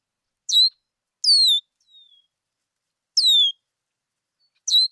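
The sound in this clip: Red-winged blackbird gives four high, descending slurred whistles with pauses between, plus one faint soft note.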